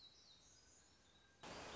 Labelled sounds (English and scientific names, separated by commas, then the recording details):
Black-throated Gray Warbler (Setophaga nigrescens)
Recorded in Sonoma County, California